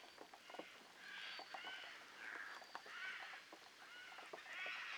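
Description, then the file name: Eurasian jay giving several harsh, rasping calls spaced throughout. "Garrulus glandarius"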